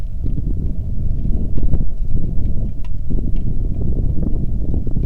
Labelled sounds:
wind, rain
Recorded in the Arctic National Wildlife Refuge, Alaska, on 3 August 2019 at 09:12
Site 46

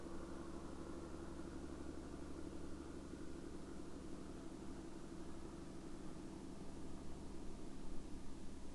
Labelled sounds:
man-made sound
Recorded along the Dalton Highway, Alaska, on 26 April 2019 at 07:07
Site 10

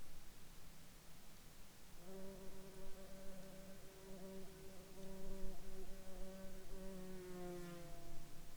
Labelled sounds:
insects
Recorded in Ivvavik National Park, Yukon, on 26 June 2019 at 07:28
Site SINP09

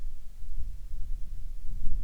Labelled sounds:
wind
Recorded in the Prudhoe Bay oil fields, Alaska, on 7 August 2019 at 05:59
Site 13

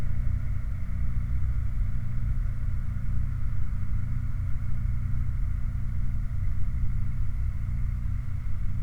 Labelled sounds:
machinery, flare stack
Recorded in the Prudhoe Bay oil fields, Alaska, on 8 July 2019 at 02:24
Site 29

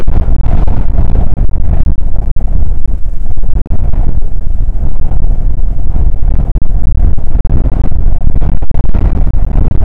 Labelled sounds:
wind
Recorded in the Prudhoe Bay oil fields, Alaska, on 19 July 2019 at 00:03
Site 25

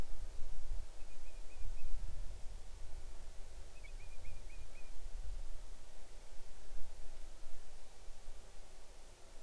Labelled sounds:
bird, insects
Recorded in the Arctic National Wildlife Refuge, Alaska, on 6 July 2019 at 00:04
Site 39

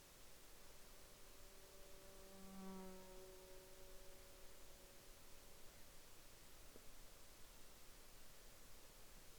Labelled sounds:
insects
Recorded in the Arctic National Wildlife Refuge, Alaska, on 26 July 2021 at 01:57
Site 33

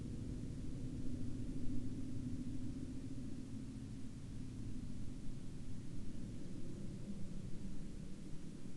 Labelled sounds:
man-made sound
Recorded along the Dempster Highway, Canada, on 18 October 2020 at 09:20
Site 22

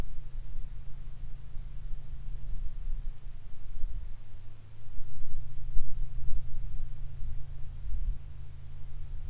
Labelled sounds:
rain, aircraft
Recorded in the Arctic National Wildlife Refuge, Alaska, on 22 July 2019 at 15:36
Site 41

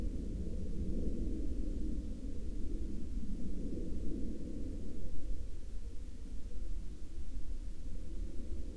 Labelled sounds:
aircraft
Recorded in the Prudhoe Bay oil fields, Alaska, on 13 May 2019 at 02:03
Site 19

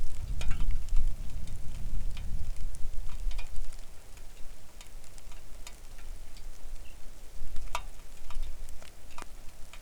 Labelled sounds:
songbird, wind, rain
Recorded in the Arctic National Wildlife Refuge, Alaska, on 3 August 2019 at 09:52
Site 41

